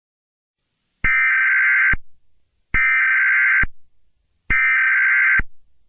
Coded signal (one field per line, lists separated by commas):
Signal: Emergency Alert System (SAME) tones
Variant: header bursts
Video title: Eas Scenario 021 - The DARKEST Day of The History of the World